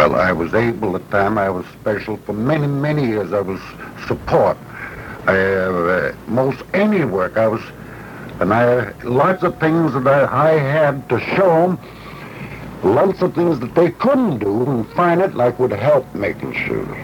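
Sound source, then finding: Adult male speaker. Wernicke's aphasia.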